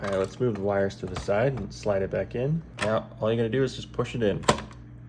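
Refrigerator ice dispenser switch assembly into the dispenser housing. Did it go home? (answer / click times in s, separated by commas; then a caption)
no / none. A refrigerator ice dispenser switch assembly is handled by hand at the dispenser housing, with the wires moved to the side so it can be slid back and pushed in, while someone talks throughout. Nothing has seated or clicked yet by the end of the clip.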